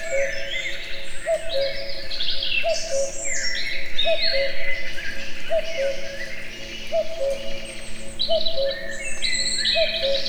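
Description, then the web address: Common cuckoo repeating a steady falling two-note cu-coo about seven times, roughly every 1.4 seconds, with many other birds singing and chirping higher above. Recorded in nature near Eger; calls heard both far and near. "allathangok termeszetben kakukk tavolieskozeli egerturistahaz"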